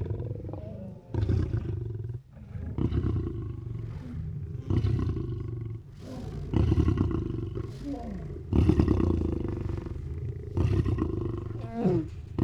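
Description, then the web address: Lion snoring: low, grating pulses in irregular runs of breaths, with some louder rasping surges. "Animals Lions Snoring"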